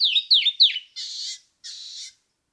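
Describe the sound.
Canyon wren song ending: three loud slurred whistles dropping in pitch, then two harsh buzzy notes.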